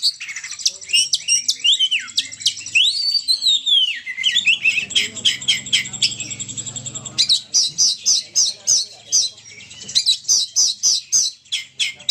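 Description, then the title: Oriental magpie-robin song opening with looping whistled slurs, then fast repeated sharp chip notes, several per second, with buzzy chatter between phrases. Champion bird in excellent 'ngobra' display condition. "Kacer Juara Ngobra Istimewa"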